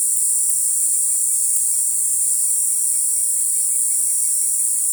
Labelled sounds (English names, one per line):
none